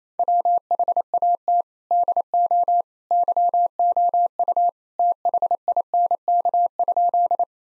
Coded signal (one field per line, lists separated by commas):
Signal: Morse code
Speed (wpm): 28 wpm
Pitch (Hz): 700 Hz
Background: none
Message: WHAT DO YOU THINK?